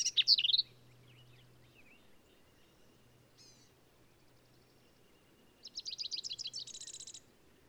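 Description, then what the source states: Black-capped vireo song: a short burst of slurred notes, a long pause, then a rapid run of sharp repeated notes ending in a buzzy trill. Male singing, same individual throughout; endangered species; phrases sung alone, truncated, embellished or run together; Kerr Wildlife Management Area, Hunt, Texas hill country.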